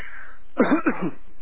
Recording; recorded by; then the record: voluntary cough; telephone call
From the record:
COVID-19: positive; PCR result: self-reported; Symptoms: no